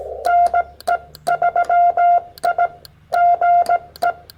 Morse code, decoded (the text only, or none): NE3I GE